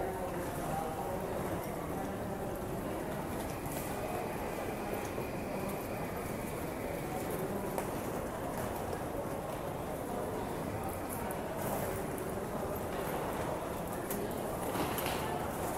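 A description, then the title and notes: A busy train station hums with a steady, dense murmur of people talking, with brief sharper clatters and hisses scattered throughout. It is a recording of a busy train station. You can hear the hustle and bustle of the station, people talking, trains coming and going, and other ambient noise. BUSY TRAIN STATION AMBIENT SOUNDS.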